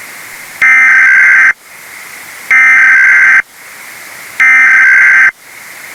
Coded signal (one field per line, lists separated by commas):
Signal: Emergency Alert System (SAME) tones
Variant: header bursts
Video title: GARDENVIEW: AN EAS SCENARIO